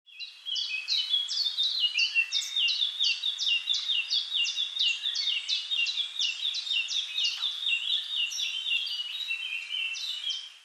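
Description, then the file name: Eurasian blackcap repeating short, high notes in a rapid, steady run for about ten seconds. "Sylvia atricapilla"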